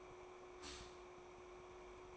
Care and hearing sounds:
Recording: daily activity, microphone in the room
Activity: stop toaster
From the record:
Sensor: 1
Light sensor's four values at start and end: 5/13/4/5 and 5/13/4/5

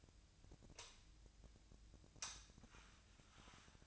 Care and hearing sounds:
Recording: daily activity, microphone in the room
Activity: light on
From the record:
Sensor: 2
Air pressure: 1009.7 hPa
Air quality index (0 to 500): 181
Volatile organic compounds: 10 ppm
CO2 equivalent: 2263 ppm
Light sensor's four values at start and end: 27/66/29/31 and 32/83/35/37

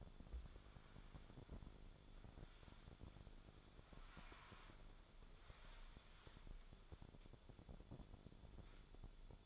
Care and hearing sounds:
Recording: daily activity, microphone in the room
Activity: wipe stove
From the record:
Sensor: 5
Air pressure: 1015.2 hPa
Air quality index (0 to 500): 208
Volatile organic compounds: 10 ppm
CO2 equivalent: 2262 ppm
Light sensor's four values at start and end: 35/83/34/36 and 35/82/34/36

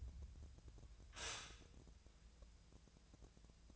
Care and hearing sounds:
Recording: daily activity, microphone in the room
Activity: stop toaster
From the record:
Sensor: 2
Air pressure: 1000.0 hPa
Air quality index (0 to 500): 148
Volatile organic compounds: 2 ppm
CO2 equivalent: 1253 ppm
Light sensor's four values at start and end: 25/64/27/29 and 25/64/27/29

